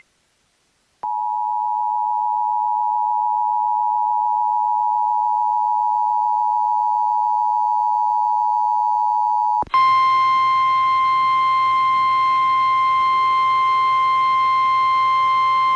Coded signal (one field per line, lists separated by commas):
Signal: Emergency Alert System (SAME) tones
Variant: 853 and 960 Hz attention tone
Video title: MORE FLOODING YET AGAIN... EAS Alerts from 8/7/25 (EAS #6,163 - 6,178)